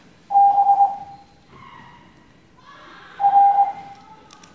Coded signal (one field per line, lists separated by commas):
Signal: Morse code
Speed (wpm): 20 wpm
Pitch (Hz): 800 Hz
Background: none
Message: B R